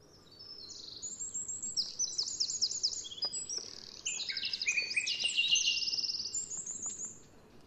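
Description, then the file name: Eurasian wren song: a dense, energetic run of shrill trills and chattering notes, rising in intensity midway and continuing for several seconds over light background hiss. "Troglodytes troglodytes"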